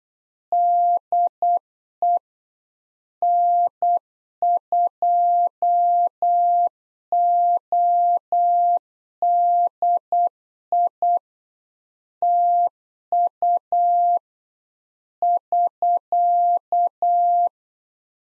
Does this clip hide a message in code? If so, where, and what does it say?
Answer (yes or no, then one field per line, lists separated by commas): yes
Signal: Morse code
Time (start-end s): 0.5-17.5 s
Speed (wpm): 8 wpm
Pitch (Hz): 700 Hz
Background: none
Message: DE N2ODI TU <SK>